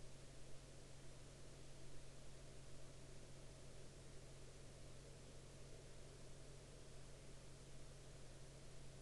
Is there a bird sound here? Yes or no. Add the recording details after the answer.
no. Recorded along the Dempster Highway, Canada, on 22 April 2019 at 07:28. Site 13